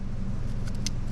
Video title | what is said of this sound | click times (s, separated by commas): Husqvarna 345 Rebuild: Part 3! Fixing A Failed Pressure Test! | with a little bit of pressure on it, and all of a sudden she just snapped right in. | 0.9 s